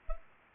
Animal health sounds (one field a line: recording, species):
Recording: mosquito wingbeat signal from an infrared sensor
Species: Anopheles arabiensis